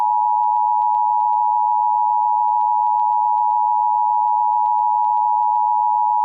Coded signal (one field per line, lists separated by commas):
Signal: Emergency Alert System (SAME) tones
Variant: 853 and 960 Hz attention tone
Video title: EAS Scenario: Rodan Catastrophe in Mobius City